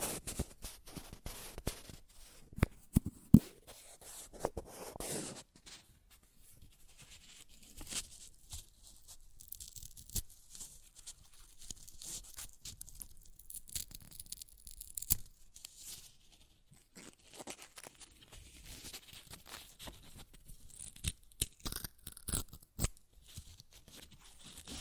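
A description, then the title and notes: Paper is ripped and torn in short, crackly bursts, with a dense flurry of rips in the first five seconds. After that the tearing thins into scattered, quieter scratches and crinkles, with sharper snaps around 15 seconds and again near 21 to 23 seconds. ASMR Paper Ripping Tearing Sounds (No Talking).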